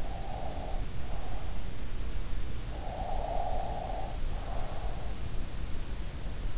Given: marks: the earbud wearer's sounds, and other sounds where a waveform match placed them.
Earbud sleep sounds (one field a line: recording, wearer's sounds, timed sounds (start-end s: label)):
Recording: sounds in sleep by an in-ear microphone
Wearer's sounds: breath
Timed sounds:
0.00-1.55 s: breath
2.97-4.98 s: breath